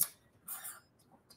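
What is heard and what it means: A plastic mixing blade is pushed back into an ice cream maker's bowl lid and pops into place. A loud, sharp click lands at 0.0 s. A softer broadband scrape or rustle follows from about 0.5 to 0.8 s, and a faint tap comes at 1.3 s, with no talking.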